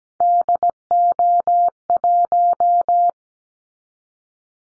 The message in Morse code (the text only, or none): DO1